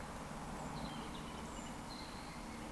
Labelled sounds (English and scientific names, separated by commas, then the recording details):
Eurasian Woodcock (Scolopax rusticola) whistle
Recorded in Baden-Württemberg, Germany, on 14 June 2020 at 19:32 UTC
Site 14569, 102 m above sea level